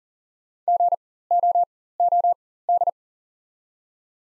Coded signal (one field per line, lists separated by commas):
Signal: Morse code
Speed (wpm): 40 wpm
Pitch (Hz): 700 Hz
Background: none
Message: GOOD